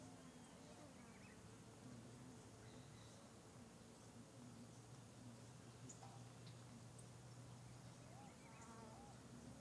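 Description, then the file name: Mixed birdsong: soft, low, curved whistles with a few quick high trills and chirps scattered throughout, over a continuous low hum. Valley ambience with many birds. "Ambiente no vale com muitos passaros"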